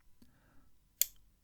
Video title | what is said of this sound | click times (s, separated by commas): My Suggested Follow on Fountain Pens - Not from China | nice audible snap as that goes on I personally aren't a fan of these types of caps with the magnet | 1.0 s